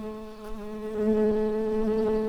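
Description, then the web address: Early bumblebee buzzing steadily in a low, droning hum with rich overtones, rising slightly in loudness midway and holding on without a break. Workers. "bumblebees Pratorum-workers"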